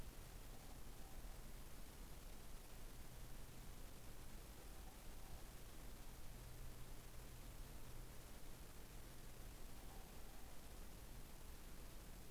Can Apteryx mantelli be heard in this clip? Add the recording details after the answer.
no. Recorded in New Zealand on 20 November 2014. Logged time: 21:29. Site CL78